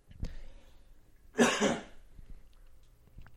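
A single harsh, two-part cough from an adult man who feels unwell and has something stuck in his throat. It runs into a throat clear, in a quiet room.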